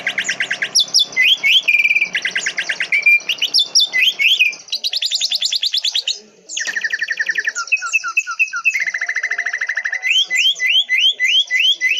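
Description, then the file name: Greater green leafbird song, a fast rich medley of whistles, trills and rapid repeated notes, varied phrases flowing without pause, ending in a string of clipped rising notes. Song includes canary song fill-ins. "cucak hijau isian kenari"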